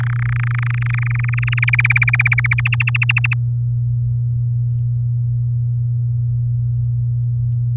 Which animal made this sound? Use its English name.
Domestic Canary